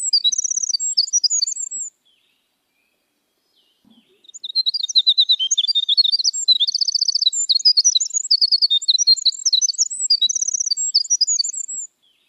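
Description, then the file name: Eurasian skylark song: a short burst of high twittering, a silent pause, then a long rapid warble of trills and buzzy repeated notes. "Canto da cotovia dos campos"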